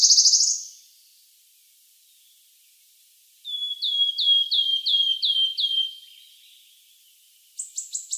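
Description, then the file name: Wood Warbler finishing a buzzy trill, then after a pause a run of several sweet descending piping notes, and the start of another high trill. "Penochka treshhotka"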